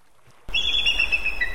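Bald Eagle giving a high, thin whistled call, slightly wavering and dropping a little at the end, starting abruptly after a moment of quiet.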